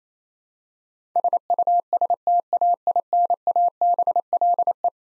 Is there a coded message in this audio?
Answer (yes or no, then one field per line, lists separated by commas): yes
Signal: Morse code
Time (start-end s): 1.2-4.9 s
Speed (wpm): 27 wpm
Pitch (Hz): 700 Hz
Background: none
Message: SUSTAINABLE